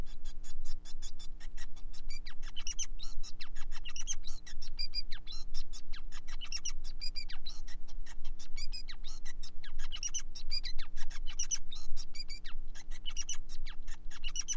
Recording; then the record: song of a male Bengalese finch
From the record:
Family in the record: son of father 5